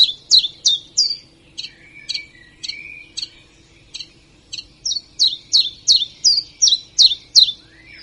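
Common chiffchaff song: high, sharp two-tone notes repeated about three per second, loud at first, softer in the middle, then strong again.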